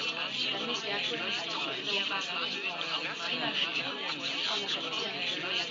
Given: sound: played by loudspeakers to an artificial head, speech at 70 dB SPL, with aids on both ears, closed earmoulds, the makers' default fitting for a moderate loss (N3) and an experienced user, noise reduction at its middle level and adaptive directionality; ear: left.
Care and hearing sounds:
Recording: speech test signal (ISTS) in cocktail-party noise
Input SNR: -6 dB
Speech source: on the right (90 degrees)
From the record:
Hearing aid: class 1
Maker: G

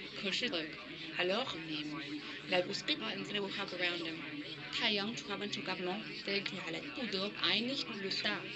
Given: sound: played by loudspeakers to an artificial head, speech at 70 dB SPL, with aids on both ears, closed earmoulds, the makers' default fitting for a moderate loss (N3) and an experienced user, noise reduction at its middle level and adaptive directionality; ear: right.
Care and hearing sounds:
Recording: speech test signal (ISTS) in cocktail-party noise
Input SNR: +3 dB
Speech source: on the right (90 degrees)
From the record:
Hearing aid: class 1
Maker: D

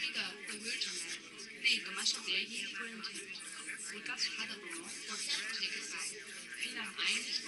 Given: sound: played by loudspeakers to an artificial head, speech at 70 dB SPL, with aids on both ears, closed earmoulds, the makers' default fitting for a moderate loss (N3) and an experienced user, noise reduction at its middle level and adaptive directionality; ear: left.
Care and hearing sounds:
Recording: speech test signal (ISTS) in cocktail-party noise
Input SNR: -3 dB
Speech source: on the right (90 degrees)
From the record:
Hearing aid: class 2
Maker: J

